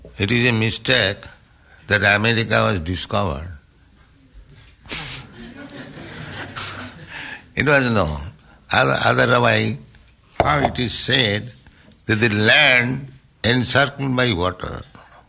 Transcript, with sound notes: It is a mistake that "America was discovered." [laughter] It was known. Otherwise, how it is said that "the land encircled by water,"